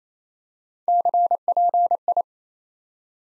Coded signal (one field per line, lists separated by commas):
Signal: Morse code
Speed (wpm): 28 wpm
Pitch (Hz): 700 Hz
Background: none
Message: CPI